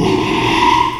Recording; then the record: squeal of a Yucatan mini pig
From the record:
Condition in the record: after surgery on the right vocal fold (resection and tissue-engineered implant); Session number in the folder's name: 1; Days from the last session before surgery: 6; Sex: male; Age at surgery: 12 weeks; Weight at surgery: 13 kg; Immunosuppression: cyclosporine, prednisolone